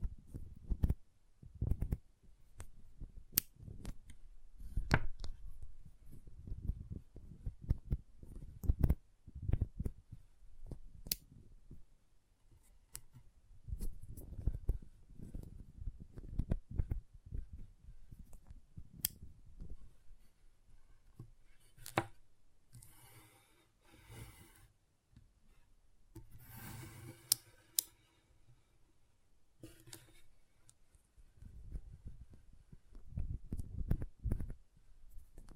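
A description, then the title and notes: Magnetic tingles: a steady run of soft, low rustles and dull taps, with sharp clicks cutting through every second or two. From about 22 to 29 seconds, brighter scratchy bursts of scraping join in, then the low tapping and clicking carry on to the end. ASMR Intense Magnetic Tingles (No Talking).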